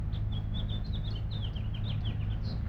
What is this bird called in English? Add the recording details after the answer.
House Finch. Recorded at Lynbrook on Long Island, New York, on 17 June 1975. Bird A